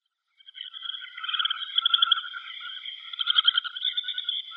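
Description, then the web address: Semipalmated sandpiper flock: after a brief silence, overlapping high buzzy trills and chirps rise into steady chatter, with louder pulsed notes just past three seconds. Flock of birds calling together. "Schulze Peter Semipalmated Sandpiper"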